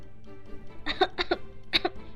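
Short, dry coughs in two quick clusters: a run of three or four sharp hacks, a brief pause, then two more, over a faint low background hum.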